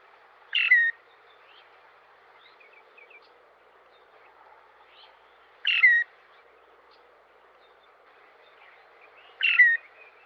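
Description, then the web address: Loggerhead Shrike calling with three short, grating notes spaced several seconds apart, with faint high chirps between them. Eastern North America. "Dan Gibson Wildlife Identification By Sound, Eastern North America Pt 2. Loggerhead Shrike"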